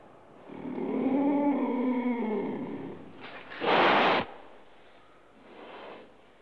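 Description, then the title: Dog whining with a drawn-out tonal whimper, then a short sharp breathy snort or huff, followed by a softer exhalation. "NHK Sound Effects Collection - 3-Frogs, Crickets, Cicadas, Horses, Dogs"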